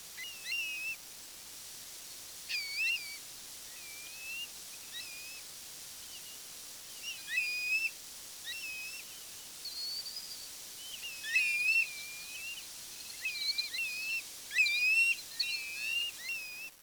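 Birds calling with short, bent chirps in irregular bursts, busier toward the end, over steady faint background hiss.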